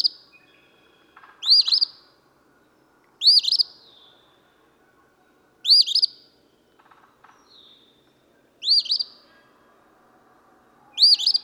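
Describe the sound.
Eastern phoebe song, a burry two-part phrase repeated about every two to three seconds, six phrases, with faint soft chirps from other birds between.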